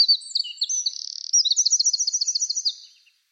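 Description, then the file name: Eurasian wren song: a rapid, high-pitched tumbling phrase of sharp notes, a short buzz, then a fast, steady rattling trill fading out after about three seconds. "Troglodytes troglodytes"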